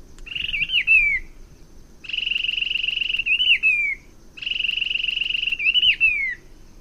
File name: streak barwing omkicau